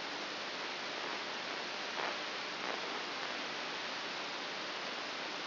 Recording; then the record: brain microelectrode recording played as sound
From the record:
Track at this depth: outside the subthalamic nucleus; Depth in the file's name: 7.001 mm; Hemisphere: right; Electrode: 2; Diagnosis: Parkinson's disease